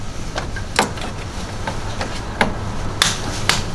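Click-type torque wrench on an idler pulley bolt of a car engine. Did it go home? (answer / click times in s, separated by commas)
yes / 3.0 s, 3.5 s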